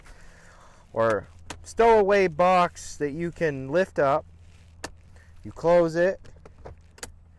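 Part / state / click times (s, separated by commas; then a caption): lid of an under-seat lockable storage box in a pickup truck cab / seated / 7.0 s. Someone talks while closing the lid of a small lockable stowaway box under the rear seat in the cab of a 2022 Ford 250 Tremor pickup truck, with keys jangling. A sharp click at 7.0 s marks the lid latching shut and locking into place.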